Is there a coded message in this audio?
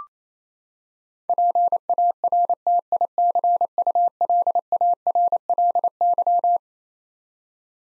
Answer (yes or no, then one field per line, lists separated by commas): yes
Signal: Morse code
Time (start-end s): 1.3-6.6 s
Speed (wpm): 28 wpm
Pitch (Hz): 700 Hz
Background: none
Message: PARTICULARLY